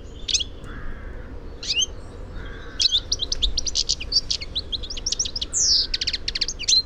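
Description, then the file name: European goldfinch giving bright, tinkling twitters, a few sparse notes at first, then a quick run of liquid chips and buzzy notes, over a steady low background hum. "Carduelis carduelis"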